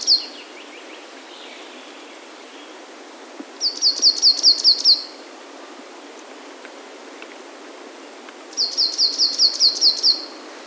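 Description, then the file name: Marsh tit giving a fast run of about seven high, sharp, down-slurred notes, repeated after a pause of several seconds, over a soft steady hiss. "Poecile palustris"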